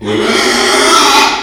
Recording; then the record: squeal of a Yucatan mini pig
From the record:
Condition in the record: after surgery on the right vocal fold (resection and tissue-engineered implant); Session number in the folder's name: 2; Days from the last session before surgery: 13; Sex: male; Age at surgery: 12 weeks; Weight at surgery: 13 kg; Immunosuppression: cyclosporine, prednisolone